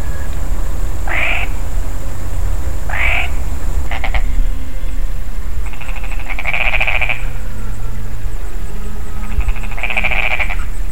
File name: Rana cancrivora